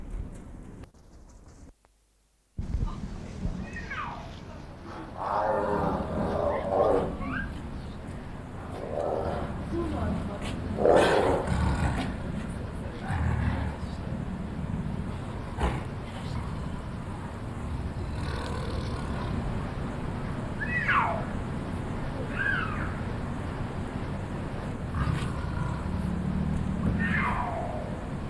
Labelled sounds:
Puma
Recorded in captivity
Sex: diverse
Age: adult
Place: Tierpark Berlin, Berlin, DE
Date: 1992-10-31 10:39
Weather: sonnig bis heiter, -2 bis 3°C
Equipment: Marantz CP 430, Sennheiser ME 80, Kopie Tesla B 116
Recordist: Tembrock, Günter

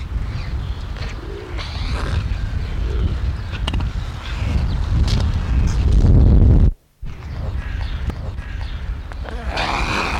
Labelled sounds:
Emu
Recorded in captivity
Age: adult
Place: Zoo Berlin, Berlin, DE
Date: 1994-02-05 12:16
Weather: heiter bis wolkig, 0 °C, Wind
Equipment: Marantz CP 430, Sennheiser MKH 416 T, Kopie Uher Variocord 263
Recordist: Tembrock, Günter
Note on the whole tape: 2 Tiere, Laute unterschiedlich, am Gitter auf Beobachter bezogen; fauchend, knurrend auch helle Lautelemente

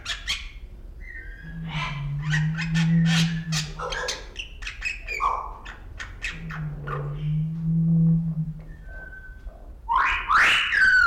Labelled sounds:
Bali Myna
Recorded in captivity
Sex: male
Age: adult
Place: Zoo Berlin, Berlin, DE
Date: 1994-03-12 11:40
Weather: leichter Regen, 7°C
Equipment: Marantz CP 430, Sennheiser ME 80, Kopie Uher Variocord 263
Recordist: Tembrock, Günter

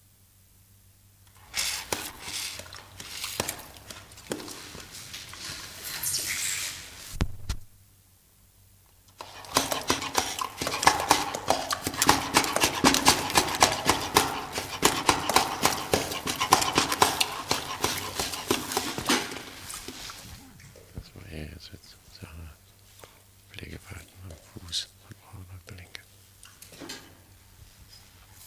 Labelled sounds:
Chimpanzee call
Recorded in captivity
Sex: male
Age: adult
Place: Zoo Rostock, Mecklenburg-Vorpommern, DE
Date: 1984-02-03 11:00
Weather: bedeckt, 3-5°C
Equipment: Nagra SN, Kopie Uher 4000 Report Monitor
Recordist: Tembrock, Günter

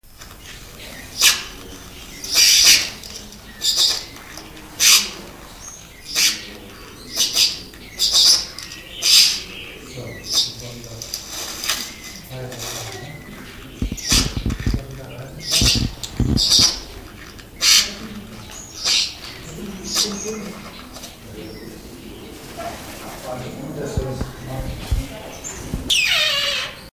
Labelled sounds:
Fawn-breasted Bowerbird call
Beautiful Fruit Dove
Trumpet Manucode
Silver-eared Mesia
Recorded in captivity
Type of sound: call
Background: Ptilinopus pulchellus, Phonygammus keraudrenii, Artamus leucorhynchus, Leiothrix argentauris
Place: Zoo Berlin, Berlin, DE
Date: 2000-04-04 12:46
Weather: cloudy, ca. 13°C
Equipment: Nagra SN, Kopie Uher 4000 Report Monitor
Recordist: Tembrock, Günter
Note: Lautfolgen, daneben: Rotkappen-Fruchttaube (Pos.: 8:58 - 17:40 min), Trompeterparadieskrähe (8:45 - 16:40 min), Weißbauch-Schwalbenstar (11:10 - 12:10 min), Silberohr-Sonnenvogel (15:52 - 16:03 min)

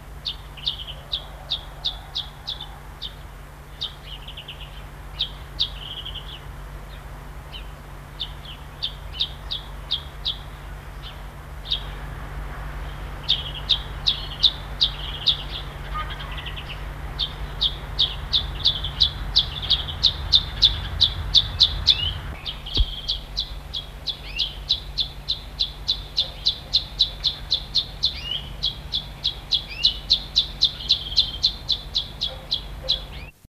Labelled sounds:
Long-tailed Widowbird call
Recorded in captivity
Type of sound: call
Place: Zoo London, England, GB
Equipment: Halbspur, 9,5 cm/s
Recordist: Lütgens, Hans
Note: Rufe

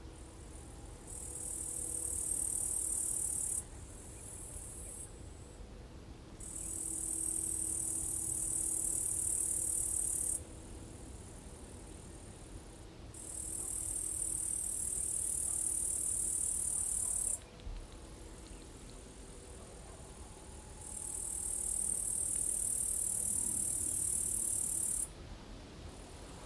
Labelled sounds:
Upland Green Bush-cricket stridulation
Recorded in the wild
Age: imago
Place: Strausberg, Annatal, Brandenburg, DE
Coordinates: 52.5169, 13.8453
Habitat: edge of a forest
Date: 1989-09-17 14:43
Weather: 25 °C
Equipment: Riporter 6 RG-K, Sennheiser MKH 416 T, Halbspur
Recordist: Frommolt, Karl-Heinz

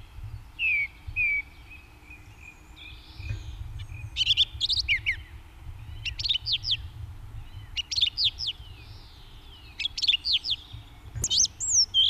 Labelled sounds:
Song Thrush song
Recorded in the wild
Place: Karlstal, Rheinland-Pfalz, DE
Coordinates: 49.3511, 7.75639
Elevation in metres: 350
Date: 1972-03-24
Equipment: Uher 4000
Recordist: Tretzel, Erwin

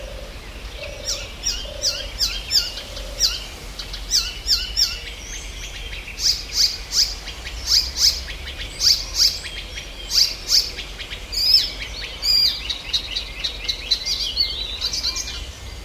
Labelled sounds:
Icterine Warbler
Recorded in the wild
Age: adult
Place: Illmitz, Neusiedler See, AT
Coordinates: 47.7678, 16.7803
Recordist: Brunner, Thomas
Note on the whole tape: Aufnahme: April / Mai

